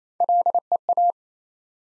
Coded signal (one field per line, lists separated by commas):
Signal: Morse code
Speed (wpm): 27 wpm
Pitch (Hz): 700 Hz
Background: none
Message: LEA